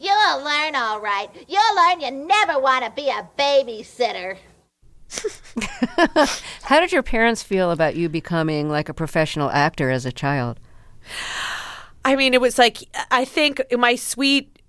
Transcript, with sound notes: You'll learn all right. You'll learn you'll never want to be a babysitter.
(LAUGHTER) How did your parents feel about you becoming, like, a professional actor as a child?
I mean, it was like - I think my sweet